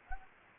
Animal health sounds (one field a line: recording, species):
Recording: mosquito wingbeat signal from an infrared sensor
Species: Anopheles gambiae